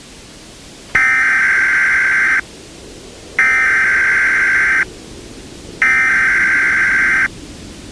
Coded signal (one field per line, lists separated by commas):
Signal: Emergency Alert System (SAME) tones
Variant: header bursts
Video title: The Tri-State Cold (EAS Scenario)